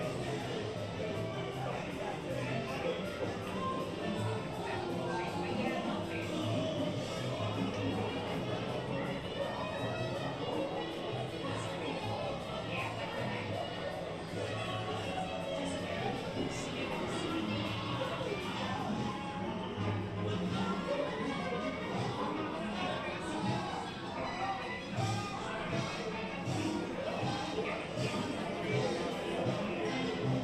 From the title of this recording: Mickey's Toon Town, Disneyland Binaural Recording